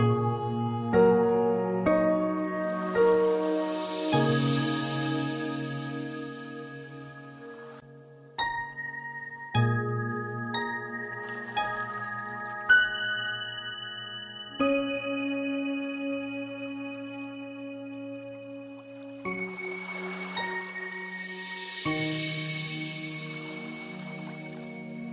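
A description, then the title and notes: Meditation music of slow, ringing bell-like tones, with sustained notes that shift to new pitches every few seconds and occasional light chime strikes. Soft washes of water sound swell in around five seconds and again near twenty seconds. Meditation Music with soft water sounds.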